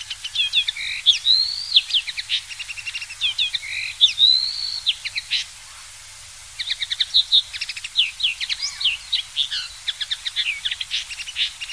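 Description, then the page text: Common linnet singing in two long bursts of chattering twitters, nasal whistles and fast rattling notes, separated by a short quiet gap, light background hiss throughout. "Common Linnet SongTornirisk Коноплянка Linotte. knut the bird nerd"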